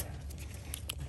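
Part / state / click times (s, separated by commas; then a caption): wire terminal pin into connector housing / seated / 0.7 s, 0.9 s. A crimped wire terminal for the Viking 180/195T engine knock sensor harness is pushed into its cavity in the plastic connector housing until it locks. Two short, sharp clicks are heard at 0.7 s and 0.9 s over a low background rumble, and the terminal is seated.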